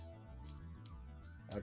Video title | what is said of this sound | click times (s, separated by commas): Converting Transformers Kingdom WFC K40 Maximal Grimlock & Autobot Mirage to Car and Beast Mode | A good, strong, firm click letting you know it's in place, like that. | 1.5 s